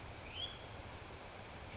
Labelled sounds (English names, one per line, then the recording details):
Hutton's Vireo
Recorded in Sonoma County, California